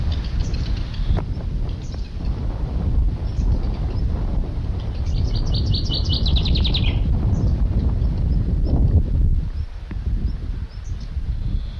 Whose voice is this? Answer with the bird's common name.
Black Redstart